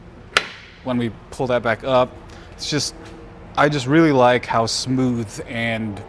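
A Kuat Sherpa 2.0 two-bike hitch rack on a 2016 GMC Sierra 2500 is pulled from its tilted position back up to upright. Its metal tilt latch engages with a small, sharp click at 0.4 s, and the rack seats in place. Someone talks afterward.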